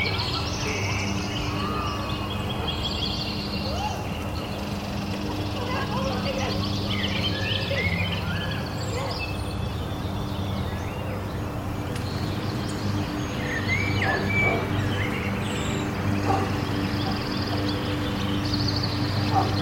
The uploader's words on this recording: Lazy Summer Afternoon Park Ambience | Neighborhood Soundscape. You're completely at ease in the nearby neighborhood park, as birds chirp and children play off in the distance.